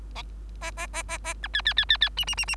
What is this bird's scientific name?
Lonchura striata domestica